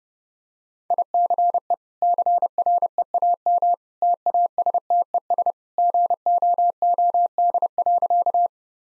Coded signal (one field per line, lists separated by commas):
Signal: Morse code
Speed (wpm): 30 wpm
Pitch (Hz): 700 Hz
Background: none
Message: ICE CREAM TASTES GOOD.